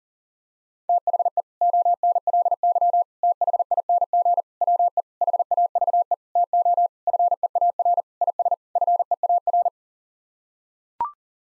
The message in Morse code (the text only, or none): THE ONLY THING WE HAVE TO FEAR IS FEAR